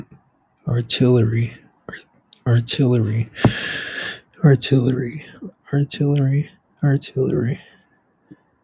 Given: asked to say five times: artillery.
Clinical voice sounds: repeated word; male; 30 to 39 years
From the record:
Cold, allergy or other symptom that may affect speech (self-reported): no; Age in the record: 32 years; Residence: California, United States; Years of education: 18

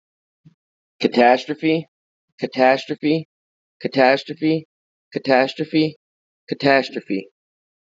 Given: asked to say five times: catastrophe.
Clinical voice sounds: repeated word; male; 30 to 39 years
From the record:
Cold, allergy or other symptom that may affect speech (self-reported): no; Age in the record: 30 years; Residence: New York, United States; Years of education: 12

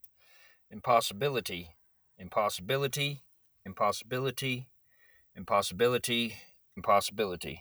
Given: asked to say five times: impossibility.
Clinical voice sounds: repeated word; male; 40 to 49 years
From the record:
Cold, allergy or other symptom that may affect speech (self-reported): no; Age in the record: 44 years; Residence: Kentucky, United States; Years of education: 12

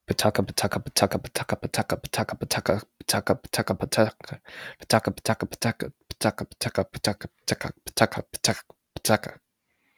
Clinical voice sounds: repeated syllables /pa ta ka/; male; 20 to 29 years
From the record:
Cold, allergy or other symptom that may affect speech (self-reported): no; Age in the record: 21 years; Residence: North Carolina, United States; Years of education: 16

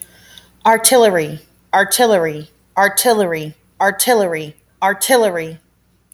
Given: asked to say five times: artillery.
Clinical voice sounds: repeated word; female; 30 to 39 years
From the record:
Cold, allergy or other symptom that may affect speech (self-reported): no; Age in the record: 33 years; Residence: Nevada, United States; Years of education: 16

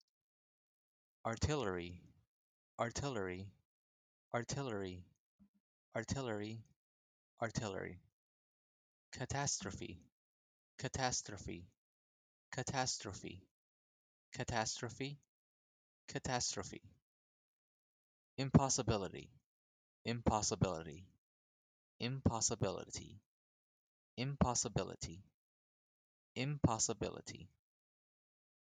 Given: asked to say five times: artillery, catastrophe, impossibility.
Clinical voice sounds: three words, each repeated; male; 20 to 29 years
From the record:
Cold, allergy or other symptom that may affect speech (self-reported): no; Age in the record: 25 years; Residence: California, United States

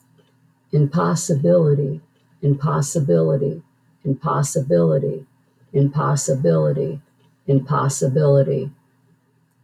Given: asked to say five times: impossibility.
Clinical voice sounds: repeated word; female; 60 to 69 years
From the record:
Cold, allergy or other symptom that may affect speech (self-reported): no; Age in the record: 62 years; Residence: Michigan, United States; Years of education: 13

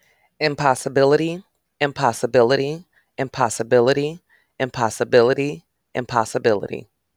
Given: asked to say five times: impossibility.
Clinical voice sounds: repeated word; female; 40 to 49 years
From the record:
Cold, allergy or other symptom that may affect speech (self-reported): no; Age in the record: 40 years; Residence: Illinois, United States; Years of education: 12

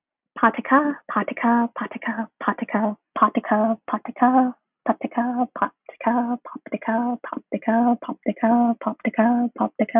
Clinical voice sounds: repeated syllables /pa ta ka/; female; 20 to 29 years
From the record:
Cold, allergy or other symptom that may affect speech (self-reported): no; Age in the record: 24 years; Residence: West Virginia, United States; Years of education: 19

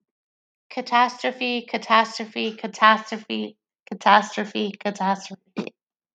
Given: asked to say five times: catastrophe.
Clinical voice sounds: repeated word; female; 40 to 49 years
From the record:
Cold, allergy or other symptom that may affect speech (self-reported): no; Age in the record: 40 years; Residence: North Carolina, United States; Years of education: 14

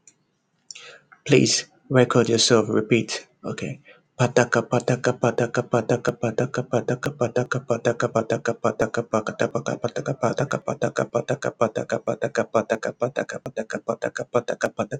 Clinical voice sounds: repeated syllables /pa ta ka/; male; 20 to 29 years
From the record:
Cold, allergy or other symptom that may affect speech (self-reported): no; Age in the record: 26 years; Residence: Ohio, United States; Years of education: 18

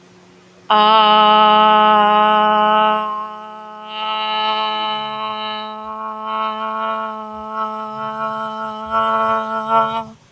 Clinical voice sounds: vowel held as long as possible; female; 30 to 39 years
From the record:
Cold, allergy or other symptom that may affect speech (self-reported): no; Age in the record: 36 years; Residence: Florida, United States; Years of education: 17

